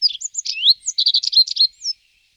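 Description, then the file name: Common reed bunting song: a quick run of high chirps and a rising sweep, then a fast series of buzzy, stuttering notes. "potrzos"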